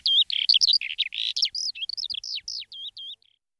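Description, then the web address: Eurasian skylark song fragment: quick twittering notes slowing into a few separate falling chirps before fading out. "tydzien eko MEDIA Skowronek"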